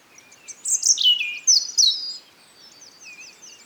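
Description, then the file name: European robin song: two bright cascading bursts of high notes, followed by a soft thin trill. "Erithacus rubecula"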